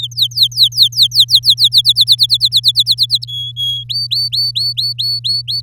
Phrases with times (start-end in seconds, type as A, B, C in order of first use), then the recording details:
0.02-1.81 A, 1.84-3.25 B, 3.27-3.84 C, 3.89-5.61 D. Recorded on 7 May 2018 at 17:11. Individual llb16